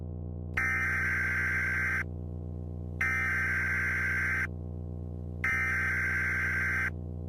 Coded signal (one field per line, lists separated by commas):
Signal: Emergency Alert System (SAME) tones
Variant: header bursts